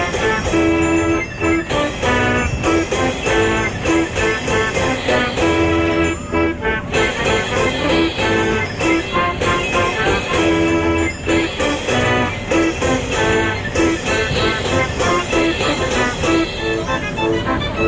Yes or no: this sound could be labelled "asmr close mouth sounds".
no